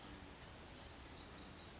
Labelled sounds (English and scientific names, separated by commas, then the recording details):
Blue-gray Gnatcatcher (Polioptila caerulea)
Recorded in Sonoma County, California